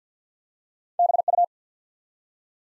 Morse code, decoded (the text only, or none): BU